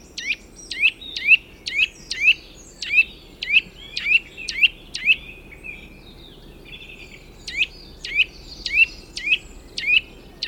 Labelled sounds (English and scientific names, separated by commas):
Eurasian Nuthatch (Sitta europaea) call